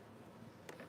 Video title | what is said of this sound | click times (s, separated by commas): Tool Display Build - Part 2 LIVE | now that's locked into place | 0.7 s, 0.8 s